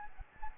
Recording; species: mosquito wingbeat signal from an infrared sensor; Anopheles gambiae